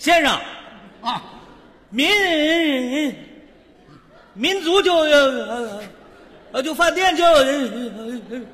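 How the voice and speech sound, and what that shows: A man asks for directions in Mandarin in a strained, high-pitched voice. Syllables are drawn out for over a second with wavering pitch, split by long pauses, and one word repeats. This is an imitated severe stutter in a crosstalk (xiangsheng) comic performance.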